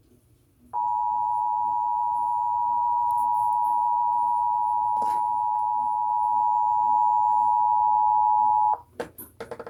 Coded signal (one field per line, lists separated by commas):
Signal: Emergency Alert System (SAME) tones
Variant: 853 and 960 Hz attention tone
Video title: IM Back baby... Pennsylvania state Monthly Test (7-15-21) (EAS #138-145)